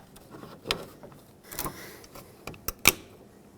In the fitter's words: the handle line up the lock with the handle press it in until it clicks